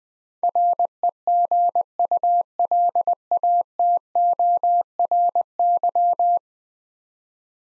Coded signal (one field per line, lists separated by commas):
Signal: Morse code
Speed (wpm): 20 wpm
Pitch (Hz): 700 Hz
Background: none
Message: REGULATORY